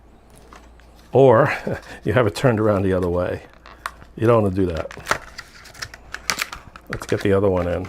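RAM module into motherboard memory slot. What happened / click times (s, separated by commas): The module is being handled and has not yet seated / none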